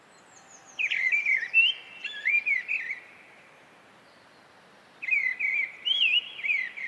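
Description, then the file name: Mistle thrush song: short, fluty warbled phrases, one burst near the start and another after a pause of about two seconds. "British Library - Mistle Thrush Turdus viscivorus"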